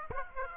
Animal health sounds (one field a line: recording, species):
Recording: mosquito wingbeat signal from an infrared sensor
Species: Aedes aegypti